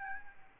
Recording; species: mosquito wingbeat signal from an infrared sensor; Aedes albopictus